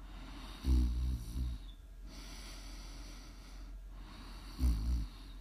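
Low-pitched snoring from a sleeping adult woman: two rumbling snores on inhalation about four seconds apart, with quiet breathing between them.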